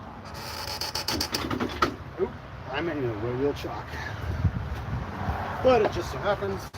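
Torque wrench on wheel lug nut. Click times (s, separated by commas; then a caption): 0.8 s, 0.9 s. A torque wrench is pulled down by its lever to tighten a trailer wheel lug nut in a cross pattern. It clicks at its setting at about 0.8 s and again at 1.0 s, showing the nut is tight. Someone talks throughout.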